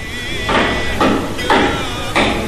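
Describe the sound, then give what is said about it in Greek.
A power drill runs on a construction site in four rough, grinding bursts about half a second apart, each loud and harsh, over a steady high-pitched mechanical whine that carries throughout. “Γιώργο, βάλε το τρυπάνι.”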